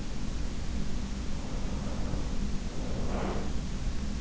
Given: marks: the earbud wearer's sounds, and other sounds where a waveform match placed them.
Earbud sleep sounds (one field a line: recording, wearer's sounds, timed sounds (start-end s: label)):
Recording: sounds in sleep by an in-ear microphone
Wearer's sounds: breath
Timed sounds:
1.04-3.79 s: breath